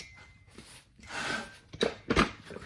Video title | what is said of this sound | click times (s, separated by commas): Ironmaster Leg Attachment Review and Tips | It's locked into place, and then you could just screw it tight over here. | 1.8 s, 2.1 s